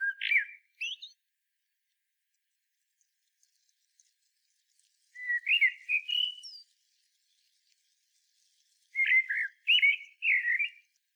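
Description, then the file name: Common blackbird singing three separate phrases of rich whistles, some with higher squeaky notes, spaced by quiet pauses of several seconds. "Turdus merula"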